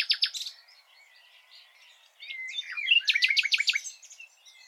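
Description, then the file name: Common nightingale song opening with a brief loud rattle, a soft quiet stretch, then a burst of rich, rapidly repeated piping notes. "Luscinia megarhynchos"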